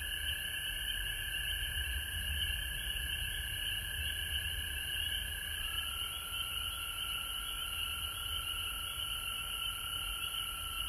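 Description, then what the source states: Frogs in a constant high chorus, with a lower sustained tone that drops slightly in pitch midway and continues to the end. Recorded at home in Georgia on March 19, 2020.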